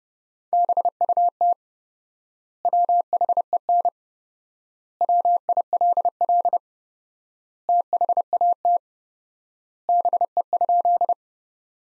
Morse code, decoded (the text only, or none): BUT WHEN WILL THAT BE?